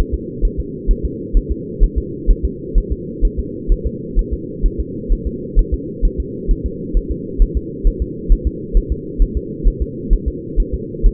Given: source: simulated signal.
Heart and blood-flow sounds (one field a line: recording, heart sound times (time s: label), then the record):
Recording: fetal heart sounds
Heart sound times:
0.14 s: S2
0.45 s: S1
0.60 s: S2
0.91 s: S1
1.05 s: S2
1.37 s: S1
1.52 s: S2
1.84 s: S1
1.98 s: S2
2.31 s: S1
2.45 s: S2
2.78 s: S1
2.92 s: S2
3.25 s: S1
3.40 s: S2
3.72 s: S1
3.87 s: S2
4.19 s: S1
4.34 s: S2
4.66 s: S1
4.80 s: S2
5.12 s: S1
5.27 s: S2
5.59 s: S1
5.74 s: S2
6.05 s: S1
6.20 s: S2
6.51 s: S1
6.66 s: S2
6.97 s: S1
7.12 s: S2
7.42 s: S1
7.57 s: S2
7.87 s: S1
8.02 s: S2
8.32 s: S1
8.47 s: S2
8.77 s: S1
8.92 s: S2
9.22 s: S1
9.37 s: S2
9.68 s: S1
9.82 s: S2
10.13 s: S1
10.28 s: S2
10.60 s: S1
10.74 s: S2
11.06 s: S1
From the record:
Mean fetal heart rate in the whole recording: 130 bpm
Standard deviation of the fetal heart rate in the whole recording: 2 bpm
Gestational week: 38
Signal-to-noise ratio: -4.1 dB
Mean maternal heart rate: no maternal heart sound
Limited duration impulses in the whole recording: absent